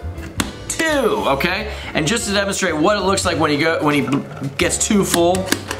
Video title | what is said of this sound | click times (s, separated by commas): FATHER & SON PLAY POP THE PIG! | then you click his head down twice until it clicks. One, two, | 0.4 s, 0.7 s